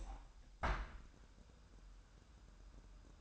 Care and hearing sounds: daily activity, microphone in the room; open window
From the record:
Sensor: 2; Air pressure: 1000.2 hPa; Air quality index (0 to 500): 245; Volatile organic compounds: 88 ppm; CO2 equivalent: 3673 ppm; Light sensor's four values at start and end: 8/20/8/8 and 9/20/8/8

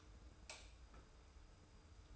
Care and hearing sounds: daily activity, microphone in the room; light off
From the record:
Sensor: 2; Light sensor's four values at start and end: 30/77/31/30 and 25/59/24/24

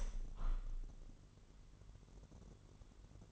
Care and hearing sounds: daily activity, microphone in the room; open window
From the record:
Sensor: 4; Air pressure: 999.4 hPa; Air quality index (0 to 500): 124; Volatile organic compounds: 2 ppm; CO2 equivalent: 1231 ppm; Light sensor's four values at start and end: 18/43/18/20 and 18/43/18/20

